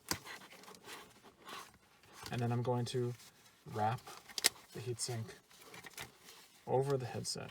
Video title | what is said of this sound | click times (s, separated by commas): Noisefighters Heatsync - Installation on Sordin and similar headsets | i can press the pad and plate onto the headset you're going to hear it click into place | 0.1 s